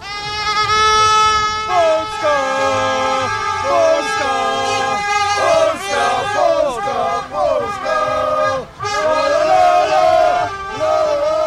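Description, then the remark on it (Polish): Football fans at the National Stadium in Warsaw roar and chant in celebration after the final whistle of Poland's 4-2 win over Montenegro, securing World Cup qualification; many voices joined in loud, sustained, rising and falling cheers with no pause throughout. “Po ostatnim gwizdku kibice oszalali z radości.”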